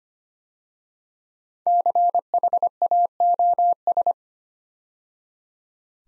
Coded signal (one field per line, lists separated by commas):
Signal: Morse code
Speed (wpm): 25 wpm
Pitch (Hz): 700 Hz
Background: none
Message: CHAOS